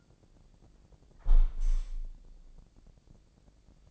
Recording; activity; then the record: daily activity, microphone in the room; close window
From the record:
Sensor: 5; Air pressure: 1012.4 hPa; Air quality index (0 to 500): 158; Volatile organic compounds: 2 ppm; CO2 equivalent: 1076 ppm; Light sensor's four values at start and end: 96/232/97/107 and 96/232/97/107